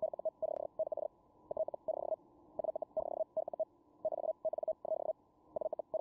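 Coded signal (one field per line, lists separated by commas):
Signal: Hellschreiber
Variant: Feld Hell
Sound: buzzy, rapidly chopped tone around 600 Hz in short character bursts with pauses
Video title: feldhell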